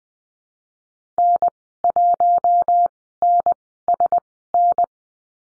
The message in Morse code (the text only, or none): N1NSN